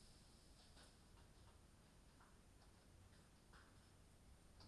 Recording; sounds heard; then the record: poultry house recording; no chicken sound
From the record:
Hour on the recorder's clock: 21